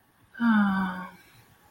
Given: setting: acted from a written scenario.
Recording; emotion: vocal sound without words; sympathy